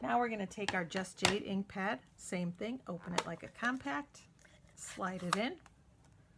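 Someone talks while opening a Just Jade ink pad like a compact and sliding it into the channel of its plastic holder, with only faint handling noise near the end. The clip ends before the pad goes home, so nothing has seated or clicked yet.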